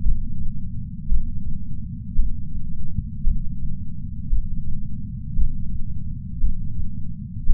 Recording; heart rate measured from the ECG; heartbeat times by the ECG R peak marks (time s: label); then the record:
heart sounds by patch sensor on the chest; 56 bpm
0.02 s: heartbeat
1.08 s: heartbeat
2.16 s: heartbeat
3.24 s: heartbeat
4.29 s: heartbeat
5.35 s: heartbeat
6.40 s: heartbeat
7.46 s: heartbeat
From the record:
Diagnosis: coronary artery disease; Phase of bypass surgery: intraoperative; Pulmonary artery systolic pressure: 30 mmHg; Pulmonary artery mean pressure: 21 mmHg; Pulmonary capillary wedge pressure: 19 mmHg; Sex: male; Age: 57 years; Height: 183 cm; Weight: 85 kg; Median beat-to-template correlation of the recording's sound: 0.88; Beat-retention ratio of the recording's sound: 1.00